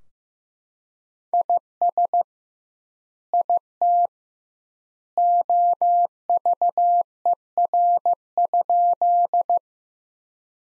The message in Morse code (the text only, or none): IS IT OVER?